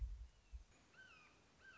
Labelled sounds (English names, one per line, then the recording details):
Red-shouldered Hawk
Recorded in Sonoma County, California